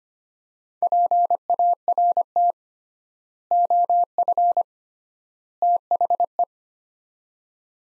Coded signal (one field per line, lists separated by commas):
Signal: Morse code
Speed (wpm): 25 wpm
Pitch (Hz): 700 Hz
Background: none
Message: PART OF THE